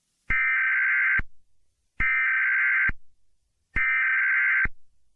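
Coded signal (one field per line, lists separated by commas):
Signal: Emergency Alert System (SAME) tones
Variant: header bursts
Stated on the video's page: Fictional EAS scenario made with CapCut, Audacity and text-to-speech software.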